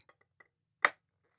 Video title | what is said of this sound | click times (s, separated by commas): Fright Fighter - 2026 Movie - Masters of the Universe Origins - Unboxing & Review | it does not lock into place per se, but it does seem to have a better grip back there. | 0.9 s